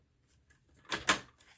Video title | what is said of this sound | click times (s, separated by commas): How to change VTech Go! Go! Smart Wheels Ultimate Corkscrew from Single to Twin Tower - VTech Toys | until it has clicked in place | 1.1 s